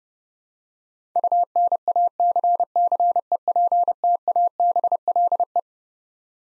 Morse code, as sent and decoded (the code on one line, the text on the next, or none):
..- -. .- -.-. -.-. . .--. - .- -... .-.. .
UNACCEPTABLE